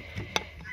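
A small plastic measuring cap is pushed back into the hole in the middle of a blender lid. A single sharp click is heard at 0.4 s as it fits into place, and the cap is seated.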